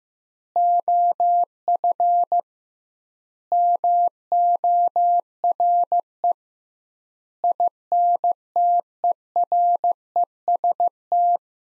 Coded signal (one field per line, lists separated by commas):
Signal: Morse code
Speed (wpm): 15 wpm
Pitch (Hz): 700 Hz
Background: none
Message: OF MORE INTEREST